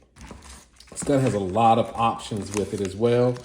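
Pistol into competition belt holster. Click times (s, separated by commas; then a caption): 0.2 s, 0.8 s. A pistol is pushed into its polymer competition belt holster, and the retention clicks as it seats, with sharp clicks at 0.2 s and 0.8 s. Someone then talks.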